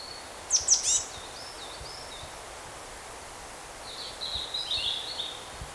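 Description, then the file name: Marsh tit call: a quick burst of sharp high notes, then wavering thin whistles, and later a softer series of wavering high notes. "Poecile palustris"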